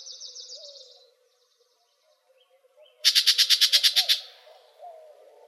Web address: Sound Library Other Warblers AZFO YBCH deviche 042404